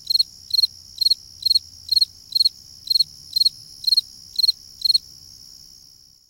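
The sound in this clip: Fall field cricket giving a steady series of brief, high pulsed chirps about twice a second, stopping after five seconds into near silence.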